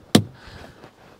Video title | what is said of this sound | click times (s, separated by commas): Atoto P909Pr S3 Carplay Or Android On Dash Navigator Unit In A Transit Van | I'm going to just click that in place like that. | 0.1 s